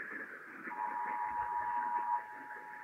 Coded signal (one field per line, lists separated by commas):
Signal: Emergency Alert System (SAME) tones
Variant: 853 and 960 Hz attention tone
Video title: Illinois Required Monthly Tests (EAS #636-641)